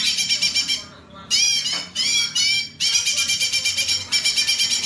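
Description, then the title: Streaked spiderhunter song: rasping, rapid chatter in dense bursts, with two short harsh phrases and a brief pause before the chattering resumes. Master recording for training caged birds; long, clear, vigorous song. "Pijantung Gunung Gacor Jernih Panjang"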